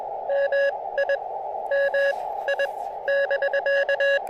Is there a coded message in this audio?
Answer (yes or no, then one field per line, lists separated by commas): yes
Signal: Morse code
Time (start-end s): 0.3-4.2 s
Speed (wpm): 21 wpm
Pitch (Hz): 590 Hz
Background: radio noise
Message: MI MI <BK>